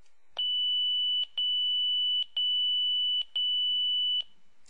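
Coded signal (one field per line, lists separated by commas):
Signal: pager alert tone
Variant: Motorola Minitor VI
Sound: shrill continuous high beep broken by quick double interruptions roughly once a second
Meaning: The pager has been activated by its assigned two-tone call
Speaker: If you were to get alerted on 600.9 and 669.0 it would sound like this.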